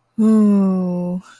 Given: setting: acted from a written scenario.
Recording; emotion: vocal sound without words; contentment